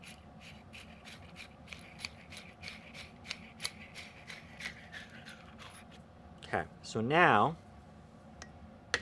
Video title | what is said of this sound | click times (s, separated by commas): starboosa Rifle Scope Mount Camera Adapter Smartphone Camera Adapter for Hunting Teaching | drop that in, that locks in, this locks in place. | 8.9 s